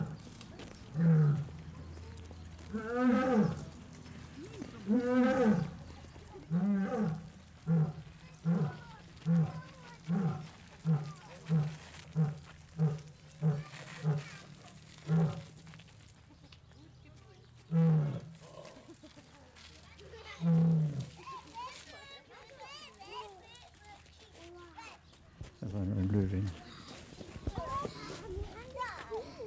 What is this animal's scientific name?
Panthera leo